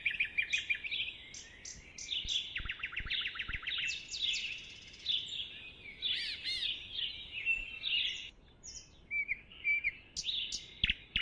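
Birds singing, several overlapping songs with rapid whistled series and chattering notes.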